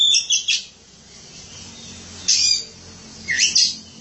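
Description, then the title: Oriental magpie-robin song, a few short bursts of high scratchy chirps separated by pauses. Kacer song. "Suara Kicauan Burung Kacer Durasi Panjang"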